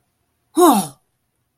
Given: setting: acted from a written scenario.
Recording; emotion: vocal sound without words; negative surprise